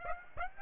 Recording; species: mosquito wingbeat signal from an infrared sensor; Aedes aegypti